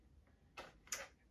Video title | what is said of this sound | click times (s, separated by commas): Disassembling and Reassembling the Austin Halleck Muzzleloader Bolt: A Comprehensive How to Guide | and you'll feel it click down | 0.6 s, 0.9 s